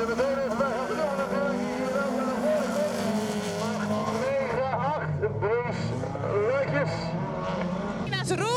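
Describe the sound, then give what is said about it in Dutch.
A steady, loud roar of racing car engines at an annual autocross in Zevenhuizen fills the whole stretch, its pitch rising and falling, with a reporter talking with participants over the rumbling motors throughout. “U hoort tussen het motorgeronk door verslaggever”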